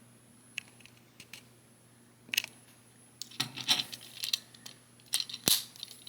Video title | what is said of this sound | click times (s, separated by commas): Transfomrers One Studio Series Deluxe Class action figure B-127 BumbleBee Unboxing & Reviews | You hear the clicking sound, that means it worked. | 5.1 s, 5.5 s